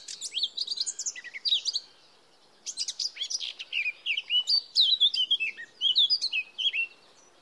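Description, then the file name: Eurasian blackcap singing, a rich rush of high warbled notes with fluty slurred whistles, broken by a short pause before a second, longer warbling phrase. "Sylvia atricapilla"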